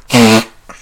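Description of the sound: A single loud, explosive sneeze from an adult man, about a third of a second long, voiced with a low male pitch and a sharp hiss of air, during a seminar talk in a small room. A faint start of speech follows. It is one ordinary sneeze.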